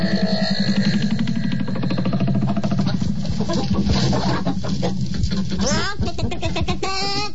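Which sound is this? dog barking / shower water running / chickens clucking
chickens clucking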